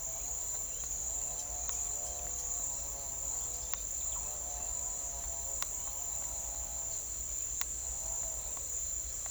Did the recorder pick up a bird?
no